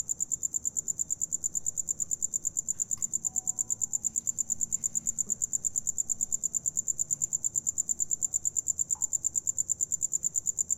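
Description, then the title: Cricket chirping: a steady, high, pulsed trill of rapid short chirps, with faint soft clicks in the background. Recorded inside an abandoned house in Carmen, Campeche, Mexico, using a TASCAM DR-100 mkII recorder and RODE NTG-2 shotgun microphone with deadcat. "Carmen, Camp., México - Grillo interior de casa abandonada"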